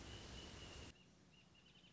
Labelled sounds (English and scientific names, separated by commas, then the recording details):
Wrentit (Chamaea fasciata)
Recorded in Sonoma County, California